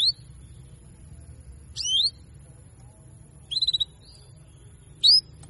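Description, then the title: Canary giving piercing upward-sliding chirps, a fast rattled group of short notes, then another rising call, over quiet low-frequency hum. Belgian canary; female canary giving 'cuit cuit' calls to stimulate and excite male canaries into singing more actively. "Canto Para Esquentar Canário Belga. Therapy Suara Cuit.. Cuit.. Kenari Betina Bikin Kenari Jantan Makin Gacor"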